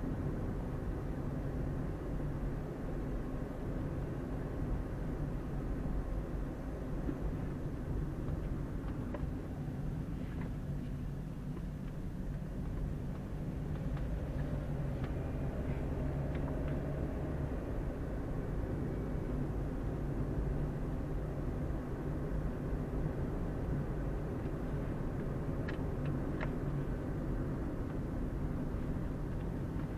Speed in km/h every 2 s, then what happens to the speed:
31, 31, 31, 30, 25, 19, 18, 23, 30, 32, 34, 34, 35, 34, 29.
0-6 steady at about 31. 6-11 slows to 18. 11-20 speeds up to 34. 20-25 steady at about 34. 25-30 slows to 29.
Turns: 8-14.